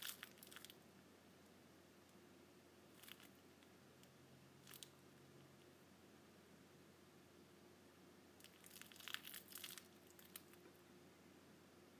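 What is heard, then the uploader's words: Candy wrappers crinkle in short bursts: one at the start, brief crackles near three and five seconds, then a longer, denser flurry of crunching from about eight to ten seconds. Between bursts there is only a low, steady hum. ASMR Candy Wrappers.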